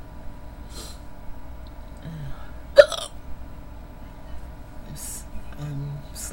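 A single sharp, abrupt vocal catch, a hiccup, stands out against quiet background hum, heard in an adult late at night.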